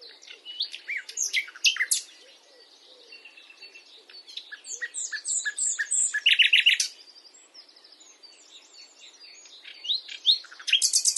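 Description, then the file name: Common nightingale song, a rich jumble of varied whistles, sharp chirps and fast rattling notes in bursts, with a loud dry trill near the middle and short pauses between phrases. "Luscinia megarhynchos"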